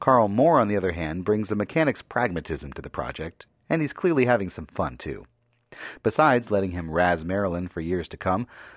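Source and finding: Adult male narrator. Typical speech.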